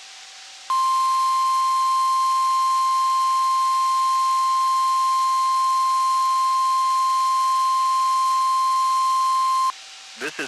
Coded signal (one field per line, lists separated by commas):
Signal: Emergency Alert System (SAME) tones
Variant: 1050 Hz attention tone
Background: speech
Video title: NWR Weekly Tests (1/26/22)(EAS 1064-1065)